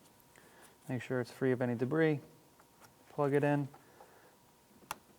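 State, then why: Seated. A wiring harness connector, checked to be free of debris, is pushed onto a new mass airflow sensor on a 2007-2013 Acura MDX. Someone talks for about the first four seconds, then a single sharp, loud click is heard at 4.9 s as the connector seats.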